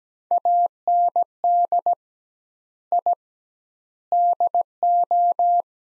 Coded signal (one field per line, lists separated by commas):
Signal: Morse code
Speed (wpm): 17 wpm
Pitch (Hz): 700 Hz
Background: none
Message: AND I DO